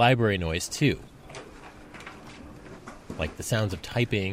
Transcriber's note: library noise